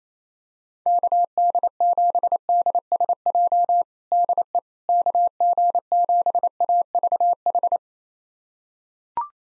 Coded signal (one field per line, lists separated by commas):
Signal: Morse code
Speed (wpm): 27 wpm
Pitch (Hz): 700 Hz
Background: none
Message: KD7DSJ DE KG7AVH